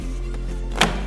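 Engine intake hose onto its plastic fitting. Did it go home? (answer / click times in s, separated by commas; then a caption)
yes / 0.8 s. On a BMW X6, the plastic engine intake pipe is pushed onto its plastic fitting over a steady low hum. A single sharp click at 0.8 s marks the coupling snapping home, showing the hose is seated.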